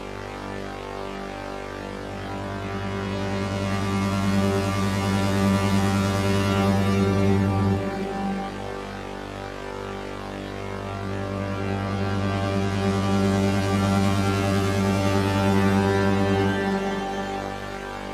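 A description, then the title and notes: A deep, sustained drone of layered low tones. It swells twice, brightening and growing louder around the fifth and thirteenth seconds. Its lowest hum cuts out abruptly near eight seconds and again near sixteen and a half, then returns, while the upper layers hold steady. Drone.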